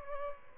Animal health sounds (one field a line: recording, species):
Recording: mosquito wingbeat signal from an infrared sensor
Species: Aedes albopictus